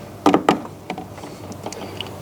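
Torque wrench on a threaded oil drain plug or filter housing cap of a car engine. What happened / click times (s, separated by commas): The torque wrench clicked at its set torque / 0.5 s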